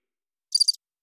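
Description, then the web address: Cricket chirp: one high, pulsing chirp of three rapid beats amid total silence. Single chirp. "sound-effects-bible Cricket Single Chirp"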